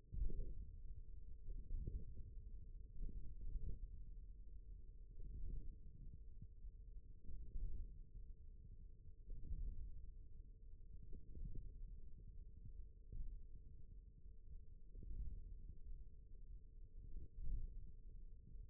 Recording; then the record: forearm muscle sounds (acoustic myography)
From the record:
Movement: hand opening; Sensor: system 1, eight BSWA MPA416 microphones around the upper forearm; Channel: 2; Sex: male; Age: 41 years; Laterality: right